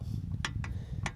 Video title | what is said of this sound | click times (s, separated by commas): The Best Budget Winch for Jeep? 🚙 OPENROAD 12,000lbs Winch Install! | it pops into place, and now I can detach my hook. | 1.1 s